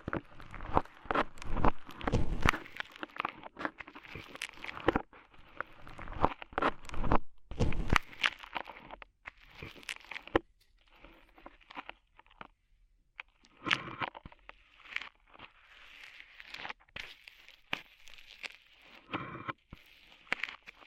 Ear Cleaning Rhinestone & Clay Removal